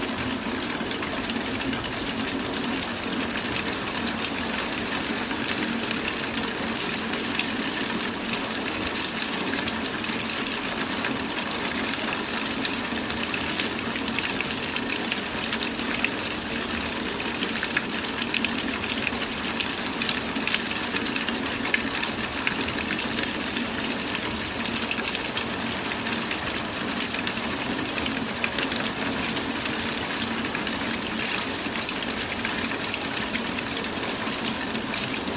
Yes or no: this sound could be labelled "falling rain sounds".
yes